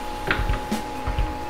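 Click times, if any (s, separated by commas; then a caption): 0.3 s. On a 1970–81 Camaro or Trans Am, a new headlight pull knob shaft is pushed into the replacement dashboard headlight switch while the release button is held down with a thumb, then the button is released. A sharp click at 0.3 s marks the shaft seating in the switch, followed by a few softer handling knocks. The knob is seated.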